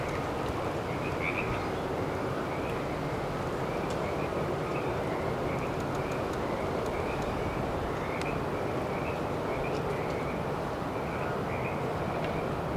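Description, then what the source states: Frogs calling in a steady chorus of brief pulsed croaks, blended with a constant low rumble like traffic. April 9.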